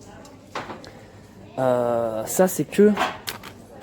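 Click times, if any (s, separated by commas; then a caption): 0.6 s. An older clip-on camping gas cartridge, which clips onto the stove instead of screwing onto a thread, is pushed into place with a sharp click at 0.6 s. The cartridge seats onto the camping stove, and someone talks afterward.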